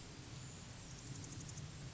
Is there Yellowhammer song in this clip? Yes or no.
no